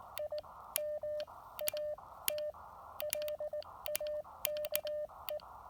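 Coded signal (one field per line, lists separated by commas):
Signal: Morse code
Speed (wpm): 19 wpm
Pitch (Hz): 600 Hz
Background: none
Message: IM AT LAKE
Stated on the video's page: Elecraft KX2 with a Chameleon MPAS 2.0 antenna on a state park activation.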